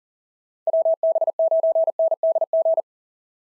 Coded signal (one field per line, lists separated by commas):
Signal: Morse code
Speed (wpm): 37 wpm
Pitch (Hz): 660 Hz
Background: none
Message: WB9NDG